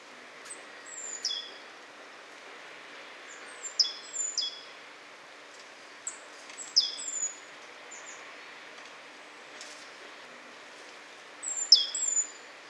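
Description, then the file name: Great tit calls: short high thin notes with a descending sweep, given in small bursts every few seconds over steady background hiss. "Parus major"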